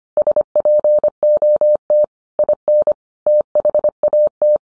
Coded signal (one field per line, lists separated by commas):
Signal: Morse code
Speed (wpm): 25 wpm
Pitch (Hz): 600 Hz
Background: none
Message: SPOT IN THAT